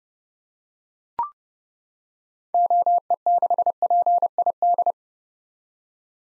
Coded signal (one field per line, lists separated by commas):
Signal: Morse code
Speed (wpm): 30 wpm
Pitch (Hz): 700 Hz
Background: none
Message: OE6PID